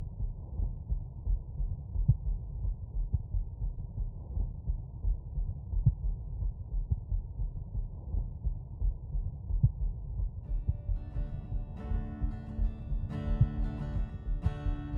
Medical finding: Heartbeat.